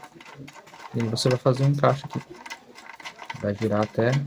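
A hex nut is tightened and turned by hand toward its recess in a plastic part of the torch-cable fitting on an Azen GA-140 welding machine, with short ratchet-like mechanical ticks between stretches of someone talking. Nothing has seated or clicked into place yet.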